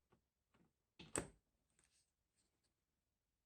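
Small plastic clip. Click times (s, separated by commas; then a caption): 1.2 s. The interior door release lever cable end on a BMW is pushed into its plastic holder on the back of the door panel, with the door lever in the closed position. Faint handling ticks lead into a burst of contact at 1.0 s and a sharp snap at 1.2 s as the cable end seats, followed by a few lighter clicks. The cable end is seated.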